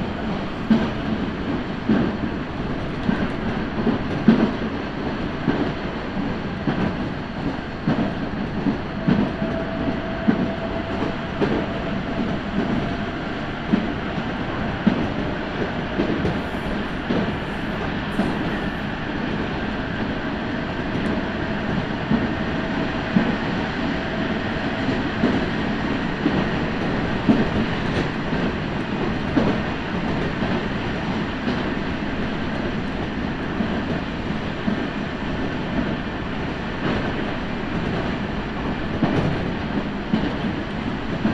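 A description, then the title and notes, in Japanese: A Nankai Line local train runs from Izumisano toward Hakotsukuri with a steady, dense low rumble and a quick, uneven patter of wheel knocks throughout. A faint motor whine rises and fades around 9–13 and 22–27 seconds, and a thin higher hiss stays underneath. 耳で楽しむ鉄道旅 南海電鉄南海線 普通 泉佐野→箱作。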